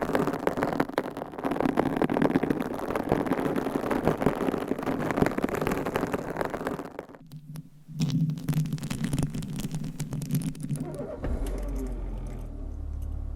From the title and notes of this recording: Changing Triggers Every 30 Seconds Scratching , Tapping , Massage & More No Talking.